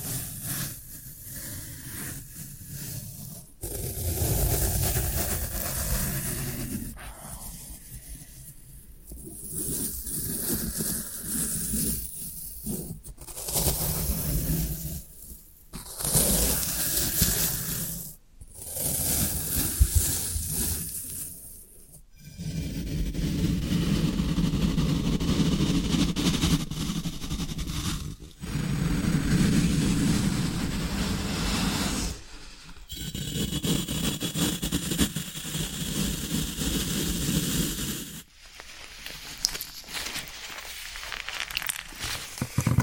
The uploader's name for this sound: Floral Foam Sounds